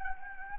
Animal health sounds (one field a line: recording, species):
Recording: mosquito wingbeat signal from an infrared sensor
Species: Anopheles gambiae